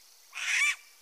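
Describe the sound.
Striped owl giving a single harsh, hissing scream lasting under half a second, broad and rasping, with nothing else heard.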